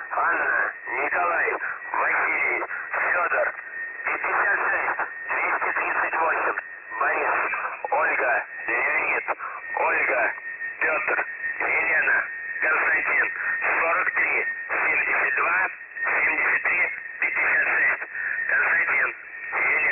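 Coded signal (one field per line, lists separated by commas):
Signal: numbers station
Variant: UVB-76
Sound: russian male voice reading words over narrow-band radio, with a faint steady tone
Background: radio static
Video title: The Buzzer/UVB-76 Voice Message (December 4, 2020 10:27 UTC)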